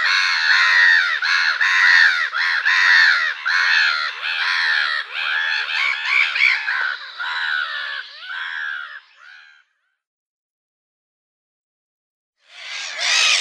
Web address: Schulze Peter Black-headed Gull